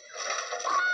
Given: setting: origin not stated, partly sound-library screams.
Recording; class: one-second piece from a danger detection set; woman in danger